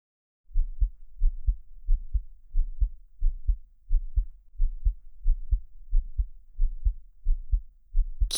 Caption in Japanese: 私の胸に耳当てて。 すっごい早くないですか？。 ドキドキしてる。